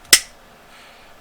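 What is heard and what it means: As the bolt of a disassembled Mossberg 151K rifle is worked by hand, a cartridge releases from the magazine lips with one sharp, bright metallic click at 0.1 s that decays quickly into near silence. The round is released from the magazine as the bolt cycles.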